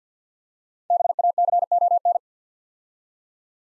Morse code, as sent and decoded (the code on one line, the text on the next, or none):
-... .- -.-. --- -.
BACON